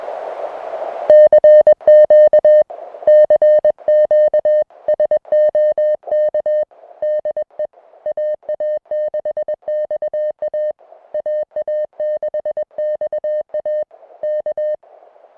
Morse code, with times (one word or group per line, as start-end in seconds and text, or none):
1.1-2.6 CQ
3.1-4.6 CQ
4.9-6.6 SOK
7.0-7.7 DE
8.1-10.7 AA6XA
11.1-13.8 AA6XA
14.2-14.8 K